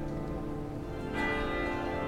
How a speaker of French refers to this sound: Ce mardi 5 octobre 1982, les cloches de l'église Saint-Jean-Baptiste résonnent. Plus de 3000 personnes se sont réunies à Wavre pour assister aux funérailles de Claude Lotte.